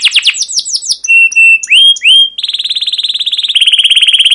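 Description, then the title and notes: Canary song: rapid falling chirps, steady whistled notes and upward sweeps, then long fast trills repeated at an even pulse. Long, lively canary song with 'cuit cuit' chirps and rolls ('ngerol'), used as a lure (pancingan) and tutor recording (masteran) for young canaries learning to sing. "CUIT CUIT NGEROL LANGSUNG GACOR PANJANG Kenari Ini AMPUH Utk Pancingan KENAR. PANCINGAN Kenari GACOR PANJANG Cuit CUIT EMOSI ini AMPUH utk MASTERAN Kenari PAUD belajar BUNYI. burung kenari"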